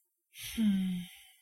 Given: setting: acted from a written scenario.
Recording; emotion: vocal sound without words; shame